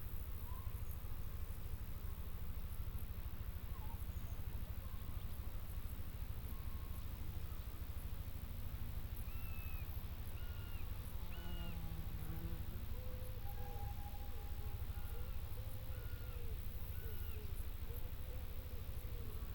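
Balmy country sounds: a steady low rumble, like traffic or wind, runs underneath the whole time. From about nine seconds on, short chirps and whistles repeat every second or so, with brief squeaks and faint ticking up high.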